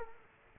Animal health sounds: mosquito wingbeat signal from an infrared sensor; Culex quinquefasciatus

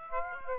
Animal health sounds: mosquito wingbeat signal from an infrared sensor; Aedes aegypti

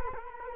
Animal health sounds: mosquito wingbeat signal from an infrared sensor; Culex quinquefasciatus

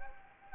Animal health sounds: mosquito wingbeat signal from an infrared sensor; Anopheles gambiae

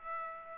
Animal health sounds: mosquito wingbeat signal from an infrared sensor; Aedes aegypti

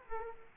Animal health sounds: mosquito wingbeat signal from an infrared sensor; Aedes aegypti

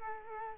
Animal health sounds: mosquito wingbeat signal from an infrared sensor; Culex quinquefasciatus

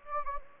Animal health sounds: mosquito wingbeat signal from an infrared sensor; Anopheles gambiae

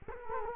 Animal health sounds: mosquito wingbeat signal from an infrared sensor; Culex quinquefasciatus

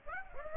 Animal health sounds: mosquito wingbeat signal from an infrared sensor; Aedes aegypti

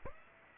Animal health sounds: mosquito wingbeat signal from an infrared sensor; Aedes aegypti

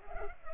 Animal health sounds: mosquito wingbeat signal from an infrared sensor; Culex pipiens

